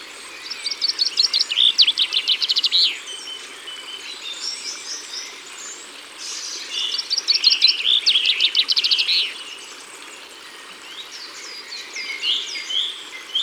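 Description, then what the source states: Common Chaffinch song: two loud, fast descending rattling phrases ending in a flourish, a few seconds apart, with soft chirps between them. Recorded at the water's edge.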